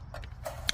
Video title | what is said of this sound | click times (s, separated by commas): Hyundai Veloster turbo random shut off issue solved!: Crank postion sensor replacement | and then you'll hear a click when you put the new one back together | 0.7 s